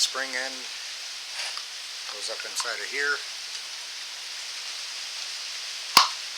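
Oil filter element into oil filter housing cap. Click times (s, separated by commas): 6.0 s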